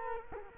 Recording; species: mosquito wingbeat signal from an infrared sensor; Culex quinquefasciatus